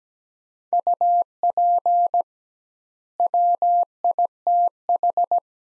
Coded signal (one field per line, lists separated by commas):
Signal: Morse code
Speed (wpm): 17 wpm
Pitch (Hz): 700 Hz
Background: none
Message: UP WITH